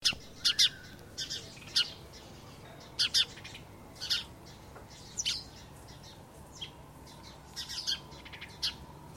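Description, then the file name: House sparrow chirps, short bright notes given singly and in quick pairs at irregular intervals. "Passer domesticus"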